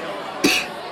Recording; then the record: coughing mixed with background sound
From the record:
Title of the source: 64 coughing, allergies, singing lungs